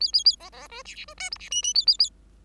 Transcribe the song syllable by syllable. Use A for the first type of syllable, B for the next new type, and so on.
A A A B B C D D C E F D G G A A A